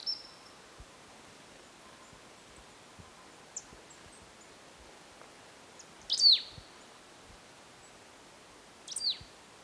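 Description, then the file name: Marsh tit calls: a few sharp, high notes scattered among long quiet gaps, the loudest about two-thirds of the way through. "Poecile palustris"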